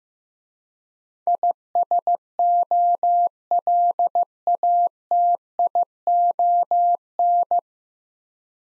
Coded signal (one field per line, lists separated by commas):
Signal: Morse code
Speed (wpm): 15 wpm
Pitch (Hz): 700 Hz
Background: none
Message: ISOLATION